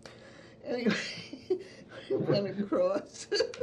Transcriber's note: chuckles